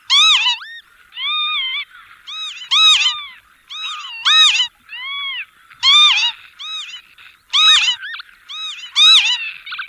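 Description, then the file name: Northern lapwing calls: nasal, arched notes rich in overtones, repeated many times in quick succession. "PAVONCELLA"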